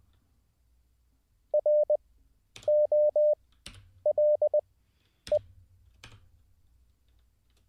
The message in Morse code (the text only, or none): ROLE